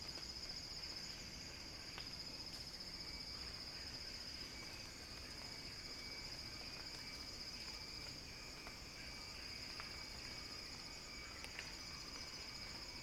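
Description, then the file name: Cicadas keep up a dense, even, high-pitched buzz with only faint ticks and clicks beneath it. Cicada song building as a crescendo. "earth-fm Axel-Drioli Cicada-Crescendo-Sounding-Wild"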